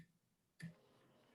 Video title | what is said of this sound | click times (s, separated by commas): PCT 1030 Zoom Meeting - Circulatory, Lymphatic and Immune systems | okay abby you're going to hear a click now when i open the speculum | 0.6 s